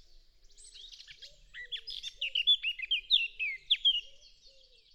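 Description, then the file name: Eurasian blackcap song: soft scratchy twittering building into a loud, fluty whistled flourish. "Sylvia atricapilla"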